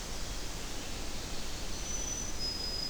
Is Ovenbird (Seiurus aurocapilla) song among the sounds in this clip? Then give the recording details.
no. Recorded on 25 June 2016 at 07:45. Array SBT-6-76